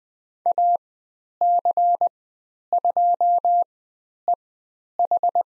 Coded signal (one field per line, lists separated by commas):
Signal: Morse code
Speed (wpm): 20 wpm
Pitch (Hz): 700 Hz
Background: none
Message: AC2EH